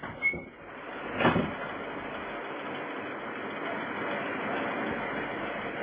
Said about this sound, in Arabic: افتح الباب.